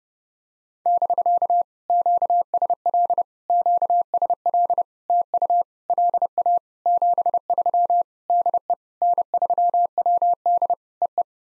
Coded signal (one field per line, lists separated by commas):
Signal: Morse code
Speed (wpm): 30 wpm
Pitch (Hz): 700 Hz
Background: none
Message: <BK> QSL QSL TU LA 73 DE N3WD EE